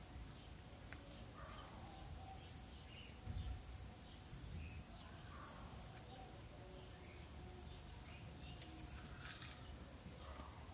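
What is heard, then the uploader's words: A garden outdoors with a steady low hum of the city filling the background. Short bird chirps and calls come and go throughout, with a brighter cluster near the ninth second and a couple of soft thumps around the third and fourth seconds. City sounds and all around recording from my garden.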